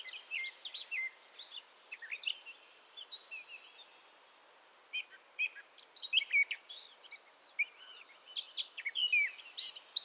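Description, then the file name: Eurasian blackcap song: busy, varied high warbles and twittering notes in phrases with a brief pause in the middle, then a lively, louder stretch. "Sylvia atricapilla"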